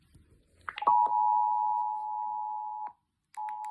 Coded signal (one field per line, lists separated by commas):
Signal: Emergency Alert System (SAME) tones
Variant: 853 and 960 Hz attention tone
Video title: UK government emergency alert system ￼